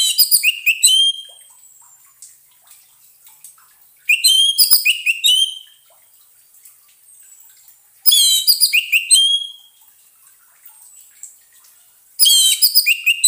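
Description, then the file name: Orange-headed thrush repeating short, complex phrases of fluty whistles and high twitters about every four seconds, with silence between. Therapy sound for an orange-headed thrush (anis merah) that has stopped singing (macet bunyi). "terapi suara anis merah macet bunyi"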